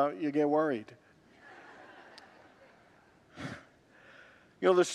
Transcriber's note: congregants laugh